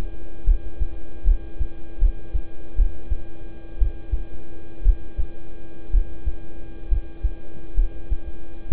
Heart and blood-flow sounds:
heart sounds by stethoscope; between the tricuspid and mitral areas; 66 bpm
0.44 s: heartbeat
1.24 s: heartbeat
1.99 s: heartbeat
2.76 s: heartbeat
3.78 s: heartbeat
4.82 s: heartbeat
5.90 s: heartbeat
6.88 s: heartbeat
7.74 s: heartbeat
8.68 s: heartbeat
From the record:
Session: rest, lying down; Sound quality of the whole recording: good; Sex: male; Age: 26 years

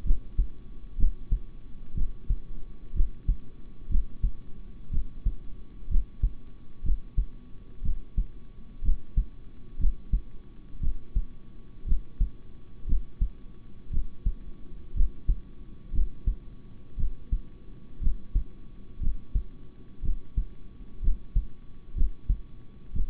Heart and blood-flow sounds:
heart sounds by stethoscope; between the tricuspid and mitral areas; 60 bpm
0.04 s: heartbeat
0.97 s: heartbeat
1.94 s: heartbeat
2.94 s: heartbeat
3.88 s: heartbeat
4.90 s: heartbeat
5.88 s: heartbeat
6.82 s: heartbeat
7.82 s: heartbeat
8.82 s: heartbeat
9.78 s: heartbeat
10.80 s: heartbeat
11.85 s: heartbeat
12.86 s: heartbeat
13.90 s: heartbeat
14.94 s: heartbeat
15.92 s: heartbeat
16.96 s: heartbeat
18.00 s: heartbeat
19.00 s: heartbeat
20.02 s: heartbeat
21.01 s: heartbeat
21.94 s: heartbeat
22.93 s: heartbeat
From the record:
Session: rest, sitting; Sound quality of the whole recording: good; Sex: male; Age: 26 years

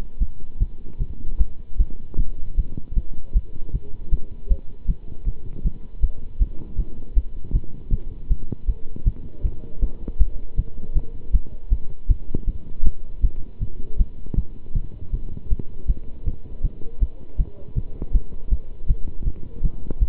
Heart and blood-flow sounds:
heart sounds by stethoscope; between the tricuspid and mitral areas; 158 bpm
0.19 s: heartbeat
0.59 s: heartbeat
0.99 s: heartbeat
1.38 s: heartbeat
1.77 s: heartbeat
2.17 s: heartbeat
2.56 s: heartbeat
2.94 s: heartbeat
3.33 s: heartbeat
3.72 s: heartbeat
4.10 s: heartbeat
4.48 s: heartbeat
4.87 s: heartbeat
5.25 s: heartbeat
5.63 s: heartbeat
6.01 s: heartbeat
6.39 s: heartbeat
6.77 s: heartbeat
7.15 s: heartbeat
7.52 s: heartbeat
7.91 s: heartbeat
8.28 s: heartbeat
8.66 s: heartbeat
9.04 s: heartbeat
9.43 s: heartbeat
9.80 s: heartbeat
10.18 s: heartbeat
10.56 s: heartbeat
10.94 s: heartbeat
11.32 s: heartbeat
11.69 s: heartbeat
12.08 s: heartbeat
12.46 s: heartbeat
12.83 s: heartbeat
13.21 s: heartbeat
13.60 s: heartbeat
13.97 s: heartbeat
14.35 s: heartbeat
14.73 s: heartbeat
15.11 s: heartbeat
15.49 s: heartbeat
15.87 s: heartbeat
16.25 s: heartbeat
16.62 s: heartbeat
16.99 s: heartbeat
17.37 s: heartbeat
17.75 s: heartbeat
18.12 s: heartbeat
18.49 s: heartbeat
18.87 s: heartbeat
19.25 s: heartbeat
19.62 s: heartbeat
19.99 s: heartbeat
From the record:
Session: pedaling a stationary bicycle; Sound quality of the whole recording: good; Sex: male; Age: 27 years

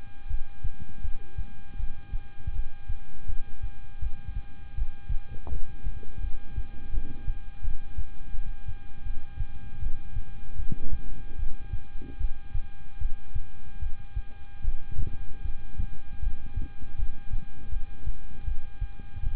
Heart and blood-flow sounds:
heart sounds by stethoscope; between the tricuspid and mitral areas; 79 bpm
0.28 s: heartbeat
1.02 s: heartbeat
1.77 s: heartbeat
2.53 s: heartbeat
3.26 s: heartbeat
4.00 s: heartbeat
4.75 s: heartbeat
5.49 s: heartbeat
6.21 s: heartbeat
6.91 s: heartbeat
7.62 s: heartbeat
8.32 s: heartbeat
9.04 s: heartbeat
9.80 s: heartbeat
10.56 s: heartbeat
11.36 s: heartbeat
12.18 s: heartbeat
12.99 s: heartbeat
13.79 s: heartbeat
14.61 s: heartbeat
15.42 s: heartbeat
16.20 s: heartbeat
16.96 s: heartbeat
17.70 s: heartbeat
18.45 s: heartbeat
19.21 s: heartbeat
From the record:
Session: rest, lying down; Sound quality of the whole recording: good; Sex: male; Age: 26 years

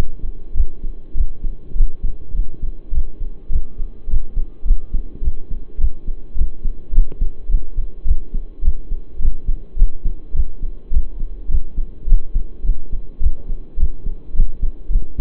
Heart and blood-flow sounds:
heart sounds by stethoscope; between the tricuspid and mitral areas; 105 bpm
0.55 s: heartbeat
1.15 s: heartbeat
1.75 s: heartbeat
2.34 s: heartbeat
2.92 s: heartbeat
3.50 s: heartbeat
4.08 s: heartbeat
4.65 s: heartbeat
5.22 s: heartbeat
5.79 s: heartbeat
6.36 s: heartbeat
6.93 s: heartbeat
7.49 s: heartbeat
8.06 s: heartbeat
8.63 s: heartbeat
9.20 s: heartbeat
9.77 s: heartbeat
10.34 s: heartbeat
10.92 s: heartbeat
11.49 s: heartbeat
12.07 s: heartbeat
12.64 s: heartbeat
13.21 s: heartbeat
13.78 s: heartbeat
14.34 s: heartbeat
14.90 s: heartbeat
From the record:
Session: pedaling a stationary bicycle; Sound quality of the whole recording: saturated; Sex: male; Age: 23 years

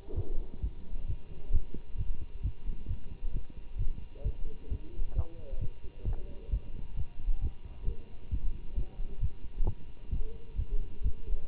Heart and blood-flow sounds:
heart sounds by stethoscope; between the tricuspid and mitral areas; 132 bpm
0.15 s: heartbeat
0.61 s: heartbeat
1.06 s: heartbeat
1.52 s: heartbeat
1.97 s: heartbeat
2.42 s: heartbeat
2.88 s: heartbeat
3.33 s: heartbeat
3.78 s: heartbeat
4.23 s: heartbeat
4.69 s: heartbeat
5.15 s: heartbeat
5.60 s: heartbeat
6.05 s: heartbeat
6.50 s: heartbeat
6.96 s: heartbeat
7.41 s: heartbeat
7.86 s: heartbeat
8.30 s: heartbeat
8.75 s: heartbeat
9.20 s: heartbeat
9.65 s: heartbeat
10.10 s: heartbeat
10.56 s: heartbeat
11.03 s: heartbeat
From the record:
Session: Bruce protocol treadmill stress test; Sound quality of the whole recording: good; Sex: male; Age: 24 years

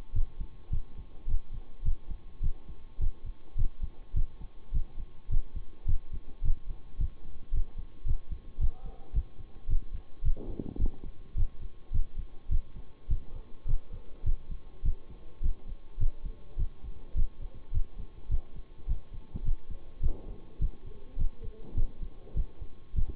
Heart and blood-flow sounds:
heart sounds by stethoscope; between the tricuspid and mitral areas; 105 bpm
0.13 s: heartbeat
0.71 s: heartbeat
1.27 s: heartbeat
1.83 s: heartbeat
2.41 s: heartbeat
2.99 s: heartbeat
3.56 s: heartbeat
4.14 s: heartbeat
4.72 s: heartbeat
5.29 s: heartbeat
5.86 s: heartbeat
6.43 s: heartbeat
6.98 s: heartbeat
7.52 s: heartbeat
8.05 s: heartbeat
8.59 s: heartbeat
9.13 s: heartbeat
9.68 s: heartbeat
10.23 s: heartbeat
10.79 s: heartbeat
11.35 s: heartbeat
11.92 s: heartbeat
12.49 s: heartbeat
13.08 s: heartbeat
13.66 s: heartbeat
14.24 s: heartbeat
14.83 s: heartbeat
15.41 s: heartbeat
15.98 s: heartbeat
16.57 s: heartbeat
17.15 s: heartbeat
17.72 s: heartbeat
18.29 s: heartbeat
18.87 s: heartbeat
19.44 s: heartbeat
20.01 s: heartbeat
20.59 s: heartbeat
21.17 s: heartbeat
21.75 s: heartbeat
22.35 s: heartbeat
22.94 s: heartbeat
From the record:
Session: bicycle stress test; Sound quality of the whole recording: good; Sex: male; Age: 26 years

